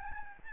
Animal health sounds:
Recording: mosquito wingbeat signal from an infrared sensor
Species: Aedes albopictus

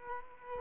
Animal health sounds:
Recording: mosquito wingbeat signal from an infrared sensor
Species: Culex quinquefasciatus

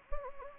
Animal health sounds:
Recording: mosquito wingbeat signal from an infrared sensor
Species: Anopheles gambiae

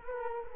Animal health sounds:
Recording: mosquito wingbeat signal from an infrared sensor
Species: Culex quinquefasciatus

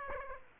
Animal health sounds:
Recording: mosquito wingbeat signal from an infrared sensor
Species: Aedes aegypti

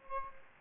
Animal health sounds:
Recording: mosquito wingbeat signal from an infrared sensor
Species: Aedes aegypti

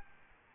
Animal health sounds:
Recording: mosquito wingbeat signal from an infrared sensor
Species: Aedes albopictus

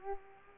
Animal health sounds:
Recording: mosquito wingbeat signal from an infrared sensor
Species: Culex pipiens

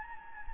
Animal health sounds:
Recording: mosquito wingbeat signal from an infrared sensor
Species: Anopheles gambiae

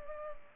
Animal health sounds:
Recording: mosquito wingbeat signal from an infrared sensor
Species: Culex pipiens

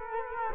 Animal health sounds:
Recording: mosquito wingbeat signal from an infrared sensor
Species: Culex quinquefasciatus

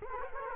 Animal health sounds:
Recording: mosquito wingbeat signal from an infrared sensor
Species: Culex quinquefasciatus

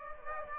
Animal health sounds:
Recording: mosquito wingbeat signal from an infrared sensor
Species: Aedes aegypti

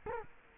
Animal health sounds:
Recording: mosquito wingbeat signal from an infrared sensor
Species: Culex quinquefasciatus

